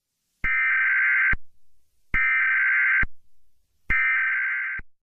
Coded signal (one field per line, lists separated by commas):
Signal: Emergency Alert System (SAME) tones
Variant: header bursts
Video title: EAS Night Viz